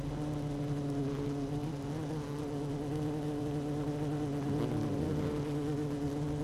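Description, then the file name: Honey bee hum, a steady hive buzz with slightly wavering tones. Hive 1 with its queen, recorded 12 June 2018 at 16:30. "Hive 1 12 06 2018 Queen Bee H 1 audio 16 30 00"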